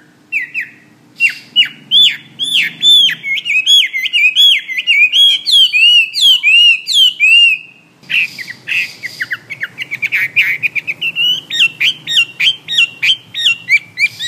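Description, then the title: Bird song as a long rapid chatter of varied chirps and whistles, breaking briefly near the middle and then continuing just as fast. "SuaraBurung Kicau"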